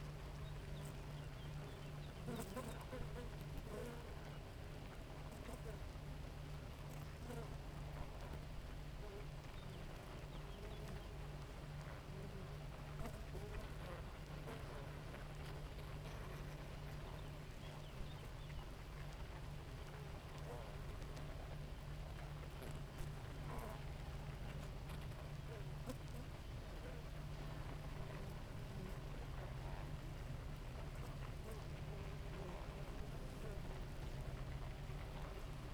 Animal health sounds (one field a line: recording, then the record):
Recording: honeybee colony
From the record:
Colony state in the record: active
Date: 28 July 2017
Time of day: 4:12